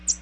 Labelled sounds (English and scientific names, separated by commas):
American Redstart (Setophaga ruticilla) flight call